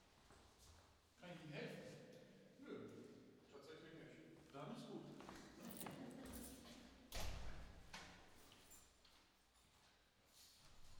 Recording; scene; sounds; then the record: everyday scene through a hearing-aid microphone; reverberant space; speech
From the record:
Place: staircase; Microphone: in the ear canal, left